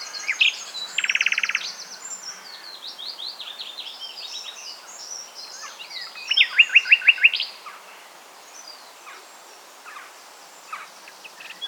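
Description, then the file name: Common nightingale song: a buzzy rattling trill, then quick varied chirps and a loud series of repeated notes, followed by quieter scattered phrases. "Luscinia megarhynchos"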